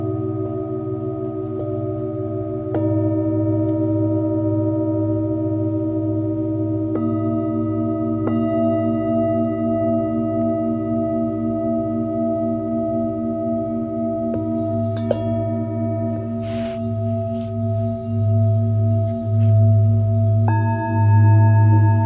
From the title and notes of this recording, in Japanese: メキシコから シンギングボウルのサウンドヒーリング ライブ。